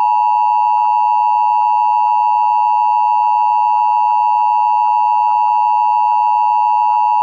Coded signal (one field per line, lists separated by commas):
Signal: Emergency Alert System (SAME) tones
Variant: 853 and 960 Hz attention tone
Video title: EAS - the damn train went off the tracks! 🤠 | RoplayfromFL